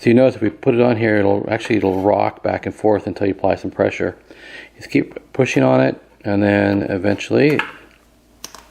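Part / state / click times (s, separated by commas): mechanical key switch into keyboard plate / seated / 8.4 s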